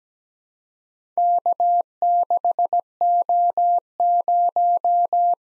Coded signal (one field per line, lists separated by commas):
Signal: Morse code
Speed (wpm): 17 wpm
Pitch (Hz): 700 Hz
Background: none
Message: K6O0